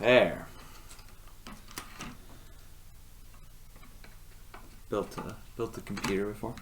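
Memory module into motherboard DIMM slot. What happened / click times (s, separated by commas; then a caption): The memory module is being handled and has not yet seated / none. A DDR4 memory module is handled at a motherboard DIMM slot while someone talks at the start and again near the end, with a few faint short taps and ticks between about 0.9 and 2.0 seconds and at 4.5 seconds. Nothing has seated or clicked yet; the retention clip has not latched by the end of the clip.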